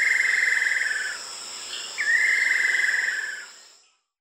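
Buff-breasted paradise kingfisher trilling: two long rapid trills, each starting high and sliding gently lower, over a steady high insect drone.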